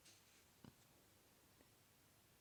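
A plastic washer backing is handled against the post of a plastic safety eye pushed through crocheted amigurumi fabric; it is meant to click on so the eye won't come out. Only quiet handling is heard, with a soft low tap near 0.6 s and a fainter one near 1.6 s. The backing has not yet clicked or seated.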